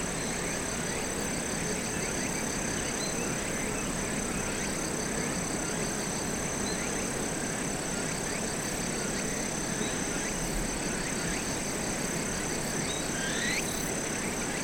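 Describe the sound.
Cicada drone holding a constant shrill pitch throughout, joined by faint scattered upward chirps and a broad rushing noise underneath.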